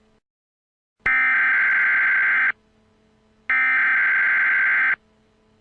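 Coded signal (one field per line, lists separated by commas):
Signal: Emergency Alert System (SAME) tones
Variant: header bursts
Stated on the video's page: Simulated EAS scenario, tones made with Audacity.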